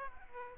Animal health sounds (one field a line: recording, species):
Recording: mosquito wingbeat signal from an infrared sensor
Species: Aedes aegypti